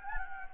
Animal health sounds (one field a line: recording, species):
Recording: mosquito wingbeat signal from an infrared sensor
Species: Anopheles gambiae